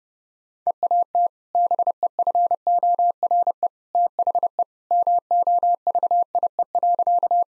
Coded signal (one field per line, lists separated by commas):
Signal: Morse code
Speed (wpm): 30 wpm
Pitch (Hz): 700 Hz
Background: none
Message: EAT BEFORE THE MOVIE.